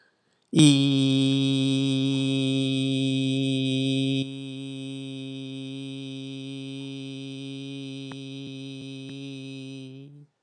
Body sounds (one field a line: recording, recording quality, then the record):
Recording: sustained vowel as in beet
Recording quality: excellent, no background noise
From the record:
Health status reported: healthy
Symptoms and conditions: none ticked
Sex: male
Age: 50 years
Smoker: not ticked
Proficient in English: yes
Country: United States